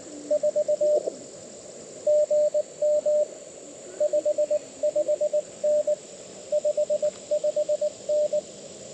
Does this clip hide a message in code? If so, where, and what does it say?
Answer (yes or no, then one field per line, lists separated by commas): yes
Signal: Morse code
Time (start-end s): 0.3-8.4 s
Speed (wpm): 22 wpm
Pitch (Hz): 600 Hz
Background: radio noise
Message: 4 GM 55N 55N